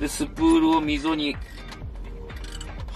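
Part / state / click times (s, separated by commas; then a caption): film spool into twin-lens reflex camera film chamber / not seated / none. Someone talks over music while pulling up the winding knob and pressing a roll-film spool into its groove in the film chamber of a Ricohflex twin-lens reflex camera body. Only faint handling ticks and scrapes are heard around 2.3 to 2.9 seconds. The spool does not fit, and nothing has seated or clicked yet.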